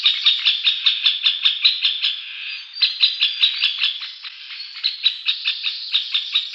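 Middle Spotted Woodpecker chatter: rapid, fairly regular run of short nasal notes, with brief lulls.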